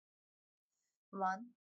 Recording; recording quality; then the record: counting at a normal pace; poor, much background noise or distortion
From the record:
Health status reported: healthy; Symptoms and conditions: none ticked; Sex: female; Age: 41 years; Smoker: not ticked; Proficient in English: yes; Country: India